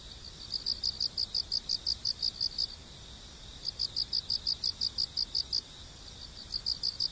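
Haraokame cricket song: high, pulsed chirping in bursts of about a dozen rapid pulses lasting about two seconds, separated by short pauses.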